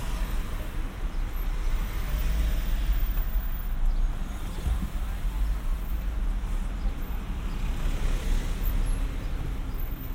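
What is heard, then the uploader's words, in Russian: A steady outdoor rumble of passing vehicles, heavy in the low end with a constant dense hiss above it. The level holds nearly even for the whole stretch, with a slightly louder swell around the middle. Faint, indistinct voices seem mixed into the background. 3D прогулка по Сочи.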